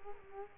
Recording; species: mosquito wingbeat signal from an infrared sensor; Culex quinquefasciatus